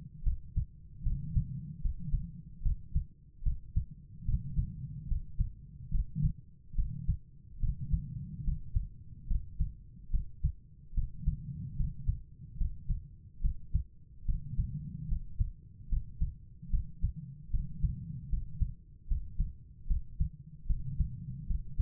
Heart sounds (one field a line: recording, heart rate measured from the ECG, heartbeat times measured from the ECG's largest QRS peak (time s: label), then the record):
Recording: heart sounds by stethoscope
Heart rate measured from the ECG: 73 bpm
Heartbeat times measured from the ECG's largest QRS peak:
0.23 s: heartbeat
1.02 s: heartbeat
1.81 s: heartbeat
2.62 s: heartbeat
3.43 s: heartbeat
4.25 s: heartbeat
5.07 s: heartbeat
5.90 s: heartbeat
6.75 s: heartbeat
7.59 s: heartbeat
8.43 s: heartbeat
9.27 s: heartbeat
10.10 s: heartbeat
10.93 s: heartbeat
11.76 s: heartbeat
12.57 s: heartbeat
13.41 s: heartbeat
14.25 s: heartbeat
15.07 s: heartbeat
15.88 s: heartbeat
16.70 s: heartbeat
17.50 s: heartbeat
18.29 s: heartbeat
19.07 s: heartbeat
19.87 s: heartbeat
20.66 s: heartbeat
21.46 s: heartbeat
From the record:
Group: healthy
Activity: rest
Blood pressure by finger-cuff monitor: 104/73 mmHg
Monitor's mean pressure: 84 mmHg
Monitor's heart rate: 74 bpm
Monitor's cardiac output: 5.6 L/min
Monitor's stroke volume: 77 mL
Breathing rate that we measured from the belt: 18 breaths a minute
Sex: female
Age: 32 years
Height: 172 cm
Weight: 71.7 kg